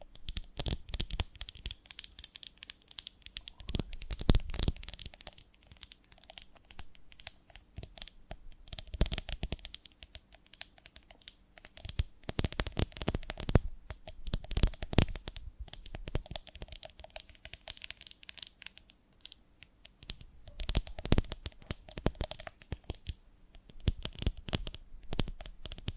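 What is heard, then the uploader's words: A honeycomb on a branch is handled, giving dense, irregular crackling and crinkling taps that run through the whole stretch. The sharp, bright clicks come in busy clusters, with louder bursts around 4, 9, 13 and 15 seconds and a quieter spell near 19 seconds. ASMR of a Honeycomb on Branch (No Talking).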